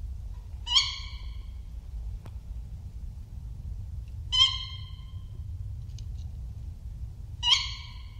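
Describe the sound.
Tawny owl calls: three sharp, harsh, ringing notes spaced about three to four seconds apart over a low steady rumble.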